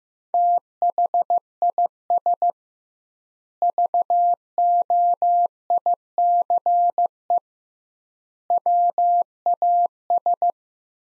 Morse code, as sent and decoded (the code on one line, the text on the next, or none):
- .... .. ... / ...- --- .. -.-. . / .-- .- ...
THIS VOICE WAS